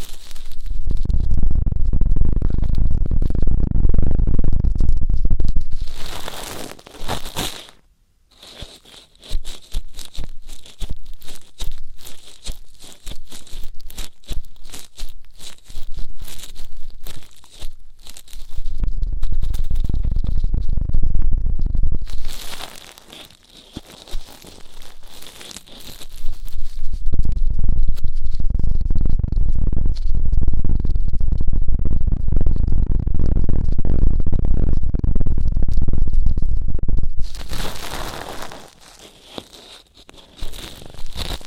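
Ear cleaning sounds arrive in dense, rough bursts of scratching and rubbing, heavy in the low end, lasting several seconds each. Between them come brief bright hissy sweeps around 7, 22 and 37 seconds, and stretches of quicker, crackly tapping.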